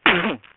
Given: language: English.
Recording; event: throat vibration sensor signal played as sound; cough